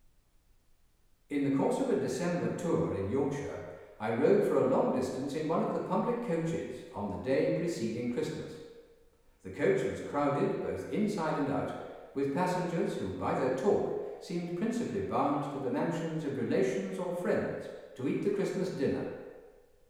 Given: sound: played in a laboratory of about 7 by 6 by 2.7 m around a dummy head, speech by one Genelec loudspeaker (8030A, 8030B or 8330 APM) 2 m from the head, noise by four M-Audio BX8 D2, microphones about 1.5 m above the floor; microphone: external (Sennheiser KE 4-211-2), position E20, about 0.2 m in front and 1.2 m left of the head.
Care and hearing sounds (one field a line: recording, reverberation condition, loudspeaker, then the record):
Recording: male speech in English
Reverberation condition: high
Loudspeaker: in front (0 degrees)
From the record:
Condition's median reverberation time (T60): about 1300 ms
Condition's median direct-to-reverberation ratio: about -4.0 dB